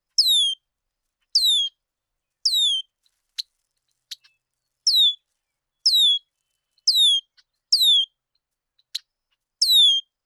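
Bird calls: eight falling whistled notes, each rich in overtones, with a few sharp clicks scattered between them.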